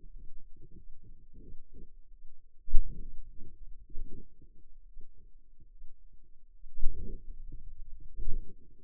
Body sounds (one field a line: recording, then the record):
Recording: forearm muscle sounds (acoustic myography)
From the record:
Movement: hand opening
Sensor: system 2, bracelet of six BSWA MPA416 microphones around the upper forearm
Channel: 2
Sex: female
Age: 23 years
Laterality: right